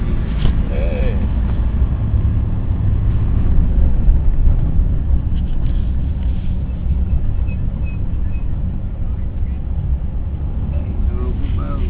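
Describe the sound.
A steady, dense roar of street traffic in a town in Ghana, with a deep low-end rumble, vehicles passing continuously and faint voices mixed into the busy background.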